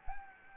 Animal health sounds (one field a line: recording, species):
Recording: mosquito wingbeat signal from an infrared sensor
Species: Anopheles gambiae